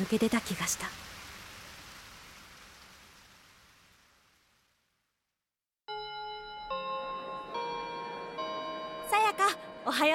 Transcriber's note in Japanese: 学校のチャイム